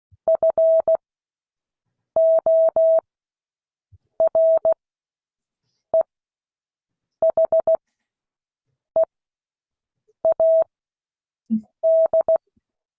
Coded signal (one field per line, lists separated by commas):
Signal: Morse code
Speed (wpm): 16 wpm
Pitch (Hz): 650 Hz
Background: none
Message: FOREHEAD